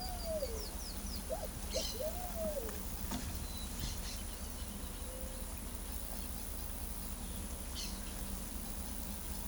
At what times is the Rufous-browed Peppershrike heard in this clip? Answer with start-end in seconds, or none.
none